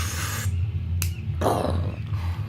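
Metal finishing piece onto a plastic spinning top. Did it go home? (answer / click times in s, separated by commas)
yes / 1.0 s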